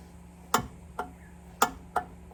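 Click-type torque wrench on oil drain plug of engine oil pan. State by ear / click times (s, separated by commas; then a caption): torque reached / 0.5 s, 1.6 s, 2.0 s. A click-type torque wrench tightens the steel oil drain plug on a car's oil pan, clicking at its set torque at 0.5, 1.6 and 2.0 seconds, repeated to be sure. Another sharp click comes at 1.0 second over a steady low hum. The drain plug is confirmed torqued to its setting.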